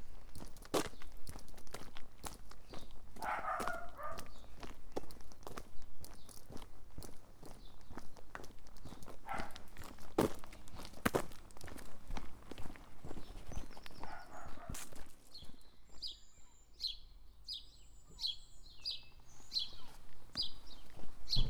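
Footsteps crunch steadily along a path on the walk from Woodbury Castle to Exmouth, a dense run of sharp, regular steps. Brief murmurs rise around three and fourteen seconds, and after about fifteen seconds the steps thin out as high bird chirps repeat.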